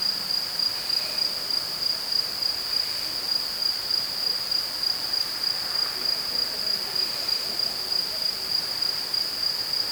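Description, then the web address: Insect call: a steady, very high trill pulsing rapidly and without pause throughout, over a faint hiss of background noise. "Insect Set 459"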